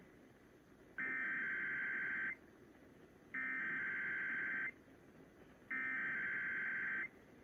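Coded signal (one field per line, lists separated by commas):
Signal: Emergency Alert System (SAME) tones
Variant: header bursts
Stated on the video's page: Required monthly test for New York.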